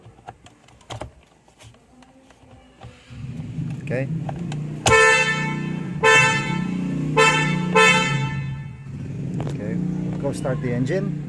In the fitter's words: line it up then just the breast until you hear the clicks on okay